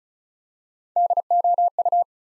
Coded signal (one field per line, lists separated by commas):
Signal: Morse code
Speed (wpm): 36 wpm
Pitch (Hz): 700 Hz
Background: none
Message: DOU